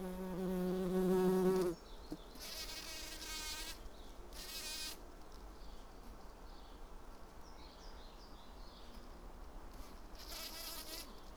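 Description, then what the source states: Bumblebee wing buzz, a loud droning hum for under two seconds that stops abruptly. Recorded on Schanzenstrasse, Dresden, Germany.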